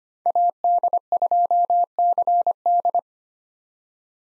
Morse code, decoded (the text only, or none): AD2CD